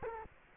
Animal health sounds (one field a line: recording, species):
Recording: mosquito wingbeat signal from an infrared sensor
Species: Culex quinquefasciatus